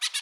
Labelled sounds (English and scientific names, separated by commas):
Brown-throated Parakeet (Eupsittula pertinax) contact call